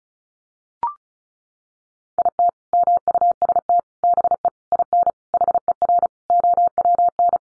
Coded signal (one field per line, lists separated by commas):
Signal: Morse code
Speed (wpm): 34 wpm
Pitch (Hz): 700 Hz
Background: none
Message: IT MUST BE IN HER OWN